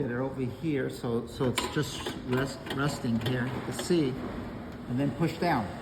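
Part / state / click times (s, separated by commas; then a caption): tool box drawer onto its drawer slide / not seated / none. A metal drawer from a small steel US General Mini Tool Box rests on its drawer slide tracks, about to be pushed down so the slide latch clicks in. Someone talks over faint handling noises. Nothing has seated or clicked yet.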